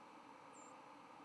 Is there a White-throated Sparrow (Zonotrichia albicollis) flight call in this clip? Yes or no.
yes